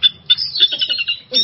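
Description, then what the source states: Oriental magpie-robin giving harsh, scratchy high notes in a quick chattering series, with strong bursts at the start and end and buzzy phrases between. Masteran training for songbirds; kacer singing in 'bongkar isian' style, in an excited ('emosi') state.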